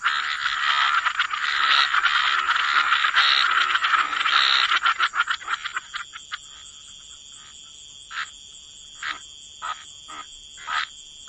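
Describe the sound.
Frog chorus: a dense, buzzy rattling trill at first, thinning after about five seconds to scattered single croaking pulses over a steady high whine.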